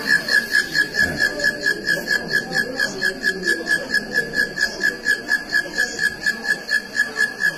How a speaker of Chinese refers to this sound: 五层楼，能听到这蝈蝈叫。十层楼还能听到这蝈蝈叫，十层楼都听到下面有蝈蝈叫呢。 对， 那证明这个蝈蝈，它的音量和它的音域的宽度，它都有穿透力。